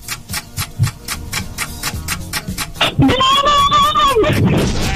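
A rapid, steady ticking like a countdown timer clicks along for about three seconds, then a loud, sustained wavering tone cuts in over it before fading.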